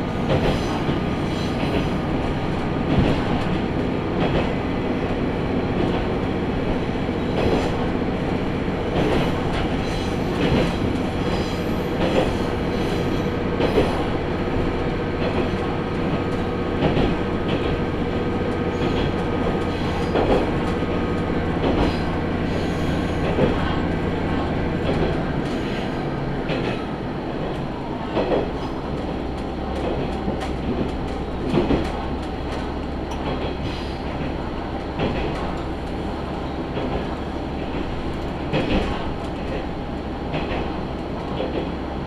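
A Tenryu Hamanako Railway train runs from Kanasashi toward Tenryu-Futamata, a steady dense rumble with a low engine drone. Short clunks from the wheels recur throughout, and around the 26-second mark the drone drops and settles into a lower, steadier note.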